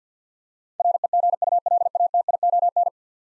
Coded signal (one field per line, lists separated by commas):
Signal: Morse code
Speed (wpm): 50 wpm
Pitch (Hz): 700 Hz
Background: none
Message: REGULATION